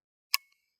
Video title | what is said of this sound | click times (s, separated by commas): Really Right Stuff Tripods & Ball Heads | it will click into the next slot right beneath it | 0.3 s